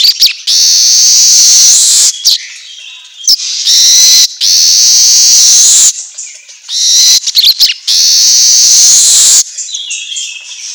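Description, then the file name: Asian golden weaver song, long loud wheezing buzzes repeated between short clicks and a few brief chirps. Song recording meant for training songbirds to sing constantly ('auto gacor'). "Suara Kicau Manyar Kepala Emas Auto Gacor"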